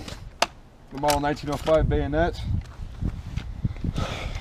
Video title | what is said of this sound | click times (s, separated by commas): Bayonet Training: Stabbing things with Bayonets . Which one is the best? | You hear it click, it's locked on. | 0.4 s